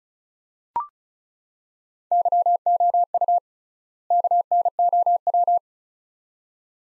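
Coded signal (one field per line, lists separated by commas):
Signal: Morse code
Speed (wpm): 36 wpm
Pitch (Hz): 700 Hz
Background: none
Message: YOU KNOW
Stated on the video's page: Morse practice of two-word sets at 35 wpm with 3x word spacing, a Farnsworth-like method applied to words; each set is sent in Morse then spoken.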